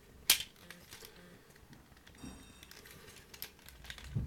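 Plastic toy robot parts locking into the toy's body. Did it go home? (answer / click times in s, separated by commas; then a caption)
yes / 0.3 s. Plastic parts and tabs of a Transformers Nemesis Prime robot toy are pushed together into the toy's body during transformation, giving a loud, sharp plastic click at 0.3 s as they lock into place. Fainter small ticks and handling rustles follow, and the parts end up seated and locked in.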